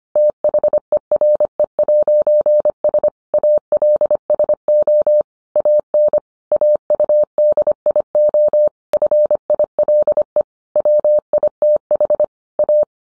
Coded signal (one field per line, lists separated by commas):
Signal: Morse code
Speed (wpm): 25 wpm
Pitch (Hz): 600 Hz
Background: none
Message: THERE'S ALSO AN AUDIO FILE WITH A